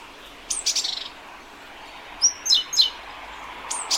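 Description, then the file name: Great tit giving a rapid buzzy string of notes early on, then three clipped descending high notes, and one more sharp note at the end. "Parus major"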